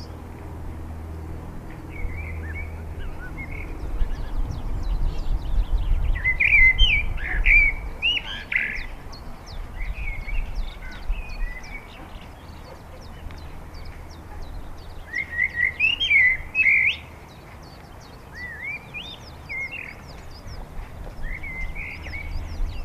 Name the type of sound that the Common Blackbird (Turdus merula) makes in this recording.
song